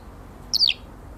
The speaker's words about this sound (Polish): Proszę bardzo, to głos skowronka.